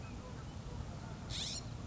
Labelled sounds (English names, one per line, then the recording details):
California Scrub-Jay
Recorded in Sonoma County, California